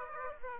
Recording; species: mosquito wingbeat signal from an infrared sensor; Aedes aegypti